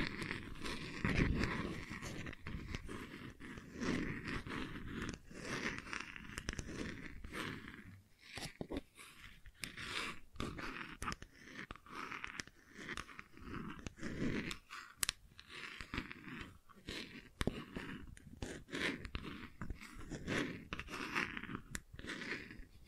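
Gentle scratching runs through the whole stretch, a dense, continuous crackle of small crunchy strokes with frequent sharp clicks. Intensity shifts slightly, easing around the eighth second before building again, with brief louder snaps near 1, 15 and 17 seconds.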